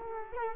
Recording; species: mosquito wingbeat signal from an infrared sensor; Culex quinquefasciatus